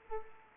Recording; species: mosquito wingbeat signal from an infrared sensor; Anopheles arabiensis